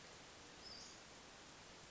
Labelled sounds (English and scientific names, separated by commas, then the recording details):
Western Flycatcher (Empidonax difficilis)
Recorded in Sonoma County, California